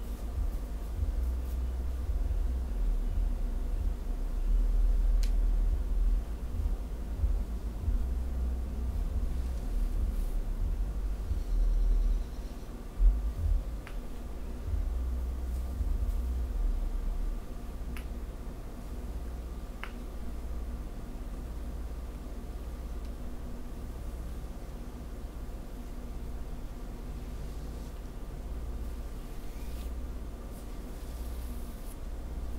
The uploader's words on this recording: ASMR back scratch, hair play & neck tingles on Emily no whisper (fabric sounds & back tracing).